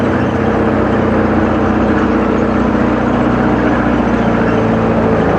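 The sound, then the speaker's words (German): The engine of an American Sherman tank drones loudly and continuously with a deep, steady low hum, while its tracks rattle and clatter throughout as it pushes into the road. No voices are heard. “Und dann höre ich auf einmal das Brummen und das Rassle hier ganz vorn.”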